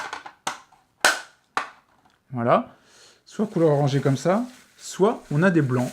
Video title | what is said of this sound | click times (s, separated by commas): MA NOUVELLE LUMIÈRE YOUTUBE (RING LIGHT NEEWER / ZOMEI 18'') - UNBOXING | Ça se clipse, hein, de ce que je vois. | 0.5 s, 1.0 s, 1.6 s